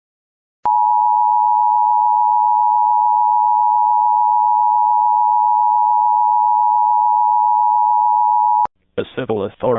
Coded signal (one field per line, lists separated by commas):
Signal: Emergency Alert System (SAME) tones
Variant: 853 and 960 Hz attention tone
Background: speech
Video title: EAS #851 Immediate Evacuation for Oklahoma